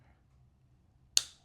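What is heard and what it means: A plastic piece of an underbody LED light kit is slid through the chassis of a Traxxas Nissan 240SX 4TEC RC drift car and pressed until it snaps into place. After a quiet, low background hum, a single sharp, bright snap is heard at 1.2 seconds, and the part is seated.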